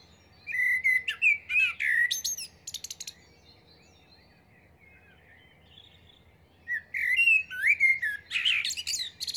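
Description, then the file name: Common blackbird singing two phrases separated by a pause, each a rich low warble followed by squeaky, high twittering. "Turdus merula"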